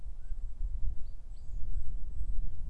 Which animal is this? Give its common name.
Common Chaffinch